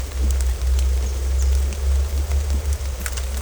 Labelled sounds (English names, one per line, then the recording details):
none
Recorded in secondary vegetation near Puerto Asís, Putumayo, Colombia, on 16 December 2024 at 17:00
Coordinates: 0.468, -76.324
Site G095